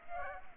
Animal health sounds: mosquito wingbeat signal from an infrared sensor; Culex pipiens

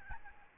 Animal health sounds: mosquito wingbeat signal from an infrared sensor; Aedes albopictus

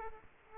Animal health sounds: mosquito wingbeat signal from an infrared sensor; Aedes aegypti

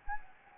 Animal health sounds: mosquito wingbeat signal from an infrared sensor; Anopheles gambiae

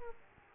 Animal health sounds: mosquito wingbeat signal from an infrared sensor; Aedes aegypti

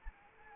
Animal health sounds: mosquito wingbeat signal from an infrared sensor; Anopheles arabiensis

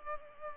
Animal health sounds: mosquito wingbeat signal from an infrared sensor; Culex pipiens

